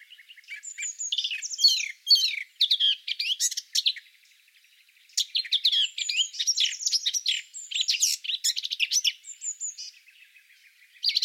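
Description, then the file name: Eurasian blackcap in lively warbling song, quick chattering and whistled notes in long bursts separated by a short silence near the middle. "Sylvia atricapilla"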